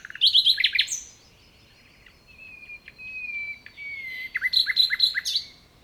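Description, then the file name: Common nightingale song: rapid chirps, a long sustained whistle slowly falling, then quick repeated notes ending in a flourish. "Luscinia megarhynchos"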